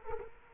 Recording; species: mosquito wingbeat signal from an infrared sensor; Culex quinquefasciatus